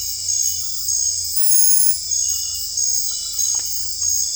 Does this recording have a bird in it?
no